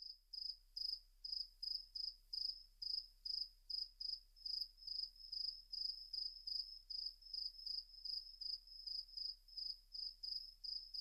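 Cricket giving rapid chirps, high and even in pitch, about two to three per second in a continuous run over a quiet background.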